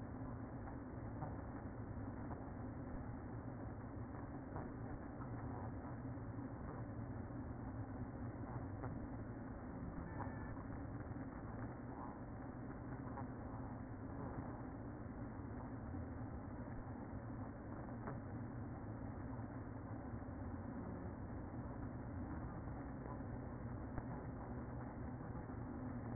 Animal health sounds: honeybee colony, microphone inside the hive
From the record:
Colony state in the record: queen present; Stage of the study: after two queens were removed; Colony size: about 60,000 bees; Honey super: yes

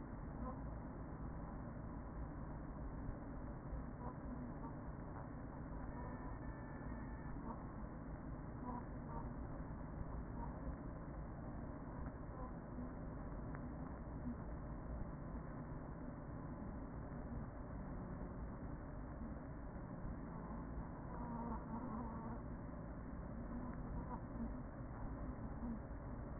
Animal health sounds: honeybee colony, microphone inside the hive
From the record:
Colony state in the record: queen present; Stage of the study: after two queens were removed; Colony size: about 40,000 bees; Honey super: no

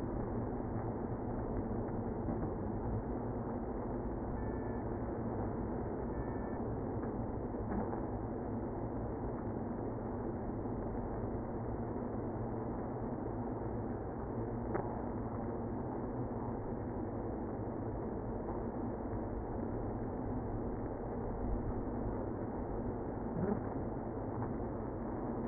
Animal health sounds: honeybee colony, microphone inside the hive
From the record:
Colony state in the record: queenless (queen removed); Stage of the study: after two queens were removed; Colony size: about 60,000 bees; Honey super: yes

